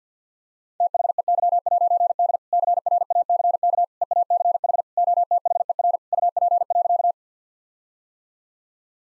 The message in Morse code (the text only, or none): THEY'D CRACK EACH OTHER UP.